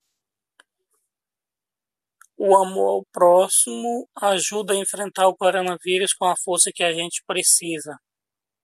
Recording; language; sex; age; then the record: spoken sentence; Brazilian Portuguese; male; 30 to 39 years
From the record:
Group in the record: control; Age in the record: 39 years